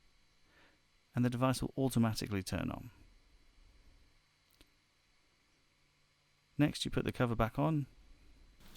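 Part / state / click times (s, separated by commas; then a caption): battery cover onto a smart radiator valve head / not seated / none. Someone talks while the plastic battery cover is being pushed back onto a Hive smart radiator valve head after two AAA batteries go in. A faint, brief tick is heard around 4.5–4.6 s between the stretches of talk. The cover has not seated or clicked shut yet.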